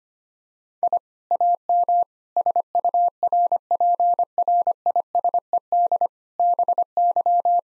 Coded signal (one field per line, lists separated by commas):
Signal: Morse code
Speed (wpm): 25 wpm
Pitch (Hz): 700 Hz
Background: none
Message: I AM SURPRISED BY